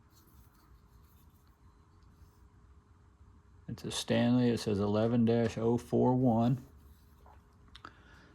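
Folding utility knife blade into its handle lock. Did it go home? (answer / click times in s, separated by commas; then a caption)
yes / 7.8 s, 7.9 s. Someone talks, then a Stanley 11-041 folding utility knife with a chrome-like handle and a straight-edge, razor-type blade is opened. The blade snaps into its handle lock with sharp clicks at 7.8 and 7.9 seconds, and it locks open.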